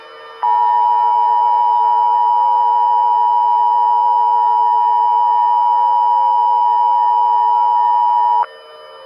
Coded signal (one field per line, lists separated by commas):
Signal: Emergency Alert System (SAME) tones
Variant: 853 and 960 Hz attention tone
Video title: EAS Scenario - Long Valley Eruption Remastered